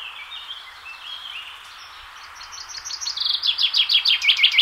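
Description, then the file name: Chaffinch singing: faint broken notes at first, then a loud rattling trill of repeated descending chirps that grows stronger toward the end. "chaffinch"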